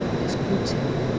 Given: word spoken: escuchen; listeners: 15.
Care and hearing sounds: one Spanish word in noise, from a listening test; speech-shaped noise; -6.5 dB; 0 of 15; 13 of 15; 0.79 s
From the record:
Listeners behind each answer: 13, 1, 1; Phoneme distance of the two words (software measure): 17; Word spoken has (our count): 3 syllables, 7 phonemes, stress on syllable 2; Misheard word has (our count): 3 syllables, 6 phonemes, stress on syllable 2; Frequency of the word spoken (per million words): 1.59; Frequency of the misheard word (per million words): 25.95

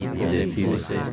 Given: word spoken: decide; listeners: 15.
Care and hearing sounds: one Spanish word in noise, from a listening test; eight-talker babble; -1.1 dB; 0 of 15; 7 of 15; 0.73 s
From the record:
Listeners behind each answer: 7, 2, 1, 1, 1, 1, 1, 1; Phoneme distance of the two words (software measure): 17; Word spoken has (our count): 3 syllables, 6 phonemes, stress on syllable 2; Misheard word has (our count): 3 syllables, 7 phonemes, stress on syllable 2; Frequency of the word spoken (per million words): 24.54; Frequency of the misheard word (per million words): 23.28

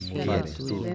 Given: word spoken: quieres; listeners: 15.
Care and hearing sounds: one Spanish word in noise, from a listening test; four-talker babble; -2.3 dB; 3 of 15; 6 of 15; 0.55 s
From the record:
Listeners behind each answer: 6, 3, 2, 1, 1, 1, 1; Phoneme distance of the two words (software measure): 27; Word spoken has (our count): 2 syllables, 6 phonemes, stress on syllable 1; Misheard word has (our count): 3 syllables, 7 phonemes, stress on syllable 2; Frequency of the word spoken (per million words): 55.97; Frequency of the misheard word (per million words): 275.92

